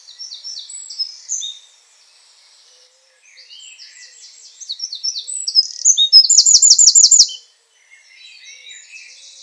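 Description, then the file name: Eurasian Wren song, a long run of high twittering notes that builds to a loud, rapid trill, then after a brief pause, softer warbling. "Troglodytes troglodytes"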